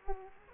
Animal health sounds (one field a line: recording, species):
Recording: mosquito wingbeat signal from an infrared sensor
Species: Culex quinquefasciatus